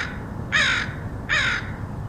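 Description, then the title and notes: Crow, two harsh nasal caws about three quarters of a second apart, with light background noise. Crows recorded by Dan Bodah in Portland, Oregon, in August 2003. "Dronecast: Crows of Portland. Crows recorded by Dan Bodah in Portland, OR, August 2003"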